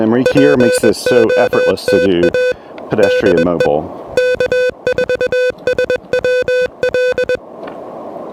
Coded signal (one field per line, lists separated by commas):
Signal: Morse code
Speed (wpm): 21 wpm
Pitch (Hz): 500 Hz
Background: speech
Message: POTA DT K4SWL